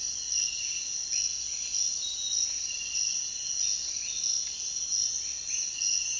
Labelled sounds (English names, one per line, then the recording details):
none
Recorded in dense forest near Puerto Asís, Putumayo, Colombia, on 22 June 2025 at 05:30
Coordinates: 0.466, -76.327
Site GP04